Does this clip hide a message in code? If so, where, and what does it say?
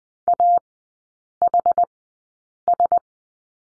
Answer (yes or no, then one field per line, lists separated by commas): yes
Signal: Morse code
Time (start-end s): 0.3-3.0 s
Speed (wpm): 20 wpm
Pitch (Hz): 700 Hz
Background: none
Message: AHS